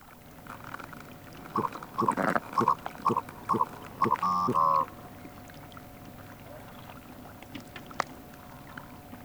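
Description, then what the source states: Common merganser calls: short, nasal, clipped notes repeated about twice a second, then a longer, harsher note, over a low hum. Field recording by Ilkka Heiskanen, on a Finnish cassette of rural birds released in 1988.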